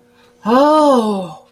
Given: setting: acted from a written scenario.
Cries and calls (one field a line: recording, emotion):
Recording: vocal sound without words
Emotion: awe